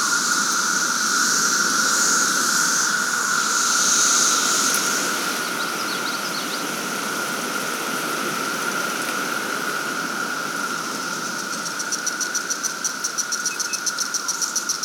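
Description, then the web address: Cicadas keep up a constant droning chorus; a high rapid pulsing rattle joins near the end, ticking several times a second over the steady whine. Cicadas at Sangchris Lake. "The Psychologically Ultimate 220 Year Cicada Bloom. Sangchris Lake Cicadas"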